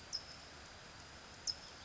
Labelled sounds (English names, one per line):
California Towhee